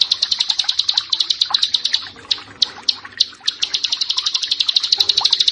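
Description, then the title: Bar-winged prinia song: quick, ticking high notes in rhythmic series, fading briefly in the middle before resuming strongly. "Ciblek Sawah 1"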